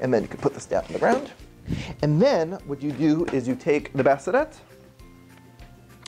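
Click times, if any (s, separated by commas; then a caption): 6.1 s. A Bugaboo Fox stroller (2018) bassinet is lowered onto the stroller frame adapters and pushed until it latches. Someone talks over faint background music, then it goes quiet with a few soft knocks. A sharp click is heard at 6.1 s as the bassinet seats on the frame.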